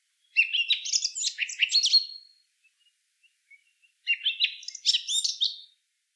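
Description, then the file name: Eurasian blackcap song: two rich, fast warbling phrases of about two seconds each, separated by a pause with a few faint scattered notes; no other sounds. "Sylvia atricapilla"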